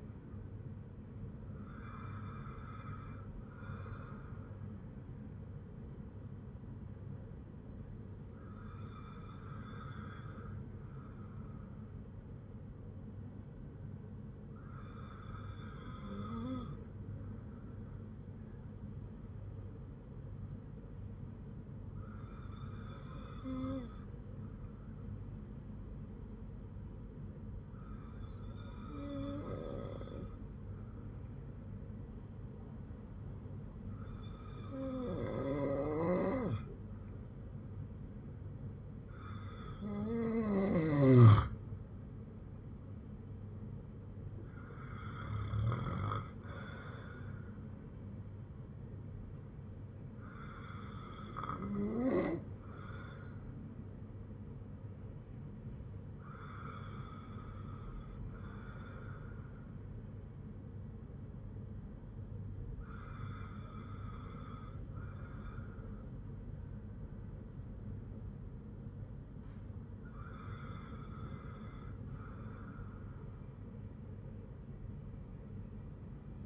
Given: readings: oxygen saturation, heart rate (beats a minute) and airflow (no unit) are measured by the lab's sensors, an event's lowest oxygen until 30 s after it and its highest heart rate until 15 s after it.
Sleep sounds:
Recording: breathing in sleep by a smartphone at the bedside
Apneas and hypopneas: 1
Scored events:
15.00-37.20 s: hypopnea (N2, oxygen 97% highest, then 95% lowest, heart rate 59 at the start, 61 highest)
From the record:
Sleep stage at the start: N2 (light sleep)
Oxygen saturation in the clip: 94 to 97%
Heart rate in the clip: 53 to 61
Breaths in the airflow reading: 12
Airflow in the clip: -9.1 to 7.7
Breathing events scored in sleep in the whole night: 182 in 7.4 hours asleep

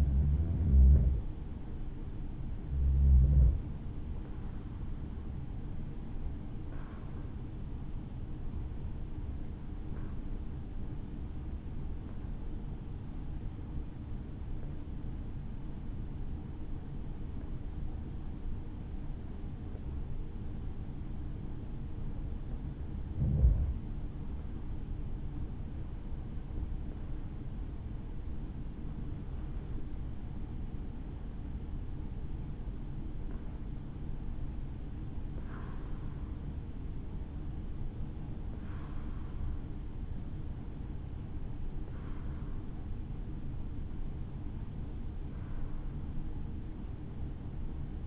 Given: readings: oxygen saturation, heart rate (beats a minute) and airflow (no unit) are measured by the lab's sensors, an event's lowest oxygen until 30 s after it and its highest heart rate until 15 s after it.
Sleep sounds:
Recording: breathing in sleep by a smartphone at the bedside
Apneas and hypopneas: 1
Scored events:
9.00-27.60 s: hypopnea (REM, oxygen 93% highest, then 93% lowest, heart rate 62 at the start, 73 highest)
From the record:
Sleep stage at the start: REM sleep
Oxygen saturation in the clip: 92 to 95%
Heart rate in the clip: 56 to 73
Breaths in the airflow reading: 17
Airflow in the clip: -7.3 to 6.6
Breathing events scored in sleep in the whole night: 216 in 7.0 hours asleep

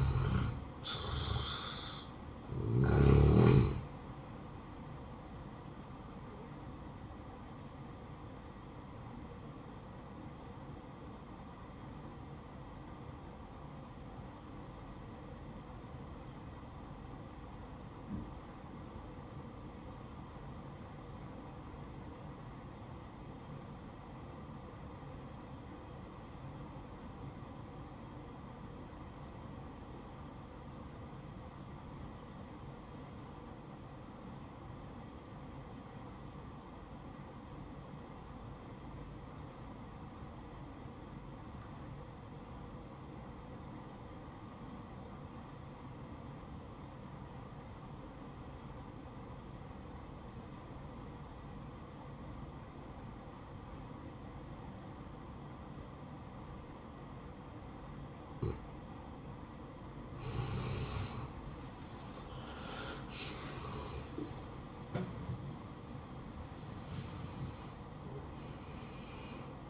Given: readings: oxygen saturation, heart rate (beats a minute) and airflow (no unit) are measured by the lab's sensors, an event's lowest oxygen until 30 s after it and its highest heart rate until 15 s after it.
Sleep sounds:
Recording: breathing in sleep by a smartphone at the bedside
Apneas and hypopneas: 1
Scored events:
10.00-62.20 s: obstructive apnea (REM, oxygen 94% highest, then 75% lowest, heart rate 63 at the start, 91 highest)
67.00-69.70 s: new sleep stage, N1 (lightest sleep)
From the record:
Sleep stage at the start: REM sleep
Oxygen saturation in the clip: 77 to 94%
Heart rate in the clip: 50 to 91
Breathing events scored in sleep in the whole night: 573 in 9.8 hours asleep

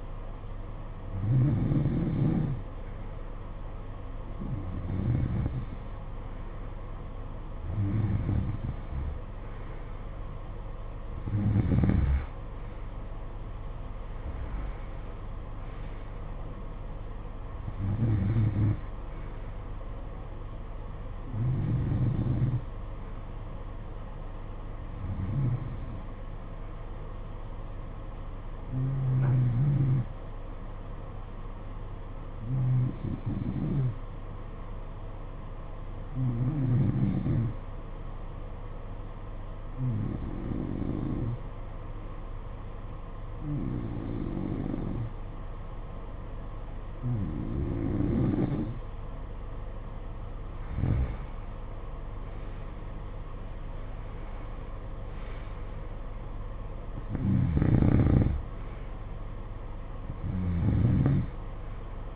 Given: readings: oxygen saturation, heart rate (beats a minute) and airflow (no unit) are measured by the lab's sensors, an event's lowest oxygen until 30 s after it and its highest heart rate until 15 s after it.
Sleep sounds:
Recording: breathing in sleep by a smartphone at the bedside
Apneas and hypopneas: 1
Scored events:
30.00-49.20 s: hypopnea (N2, oxygen 93% highest, then 89% lowest, heart rate 56 at the start, 63 highest)
From the record:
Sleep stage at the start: N2 (light sleep)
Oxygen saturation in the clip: 89 to 93%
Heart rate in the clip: 54 to 65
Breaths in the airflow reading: 18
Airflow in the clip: -11.4 to 10.1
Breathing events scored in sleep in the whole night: 476 in 9.7 hours asleep

